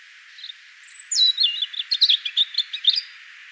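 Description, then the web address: European robin singing a short phrase: a high drawn-out whistle dropping into a rapid, warbling string of clear trills and twitters over a faint hiss. "vogelstimmen rotkehlchen gesang nabu lars lachmann"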